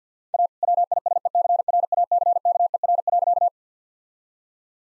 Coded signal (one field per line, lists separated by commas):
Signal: Morse code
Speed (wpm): 50 wpm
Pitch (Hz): 700 Hz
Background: none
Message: A WISECRACKER.